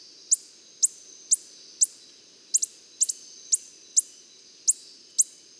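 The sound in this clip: Coppery-headed Emerald uttering thin, very high chip notes in an uneven series of about two per second, a few doubled, with soft background hiss.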